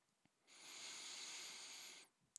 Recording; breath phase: one breath near a microphone; inhalation